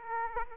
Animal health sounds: mosquito wingbeat signal from an infrared sensor; Aedes aegypti

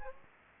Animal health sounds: mosquito wingbeat signal from an infrared sensor; Aedes aegypti

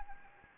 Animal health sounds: mosquito wingbeat signal from an infrared sensor; Anopheles arabiensis

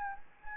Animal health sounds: mosquito wingbeat signal from an infrared sensor; Anopheles gambiae

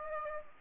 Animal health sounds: mosquito wingbeat signal from an infrared sensor; Aedes aegypti

